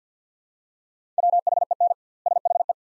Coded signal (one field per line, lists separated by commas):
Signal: Morse code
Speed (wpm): 50 wpm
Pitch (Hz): 700 Hz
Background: none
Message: WHEN SHE